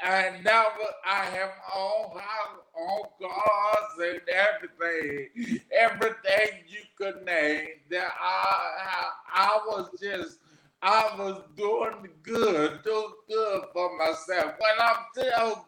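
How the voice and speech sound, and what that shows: A 41-year-old man with aphasia after three strokes speaks haltingly, with frequent pauses, stretched vowels and repeated words and phrases such as "I, I, I" and "doing good, doing good", plus ungrammatical wording like "all house." His first stroke, at 27, came from an arteriovenous malformation in the brain stem. Aphasia is a language disorder affecting word finding and sentence building.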